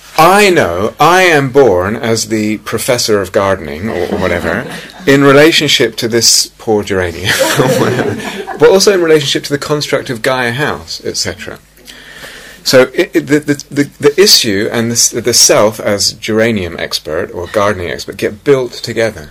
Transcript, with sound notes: I know, I am born as the Professor of Gardening or whatever in relationship to this poor geranium or whatever, [laughter] but also in relationship to the construct of Gaia House, etc. So the issue and the self as geranium expert or gardening expert get built together.